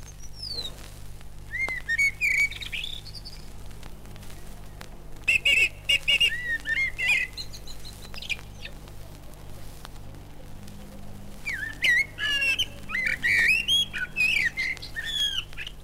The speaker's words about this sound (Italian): Come non sono facilmente superabili nel loro colloquio nell'aerea altana di un uccellatore udinese, questo tordo e questo merlo, entrambi maestri più volte premiati.